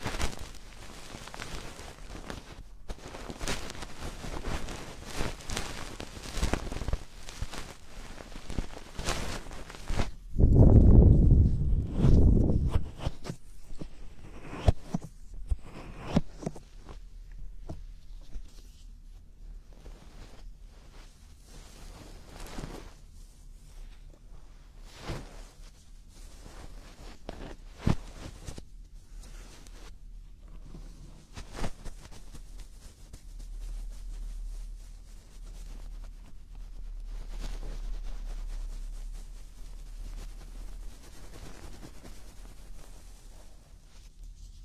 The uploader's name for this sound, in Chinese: 掏耳朵